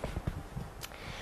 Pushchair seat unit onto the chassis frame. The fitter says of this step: What you have is two little notches on the side and two metal bars, and that's what clicks it into position. That's the clicking noise that you can hear that I'm making.